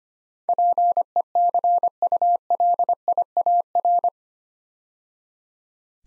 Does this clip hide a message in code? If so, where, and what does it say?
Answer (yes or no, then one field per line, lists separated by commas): yes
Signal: Morse code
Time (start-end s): 0.5-4.1 s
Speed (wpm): 25 wpm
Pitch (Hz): 700 Hz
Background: none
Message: PECULIAR